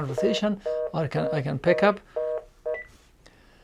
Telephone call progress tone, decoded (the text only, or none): reorder tone